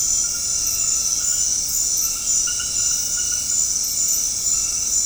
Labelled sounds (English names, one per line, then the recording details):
none
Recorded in dense forest near Puerto Asís, Putumayo, Colombia, on 21 February 2024 at 22:30
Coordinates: 0.485, -76.318
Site G6408